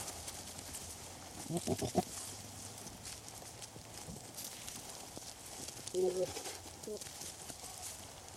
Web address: wind in trees perspective varies as goats move around in front of microphone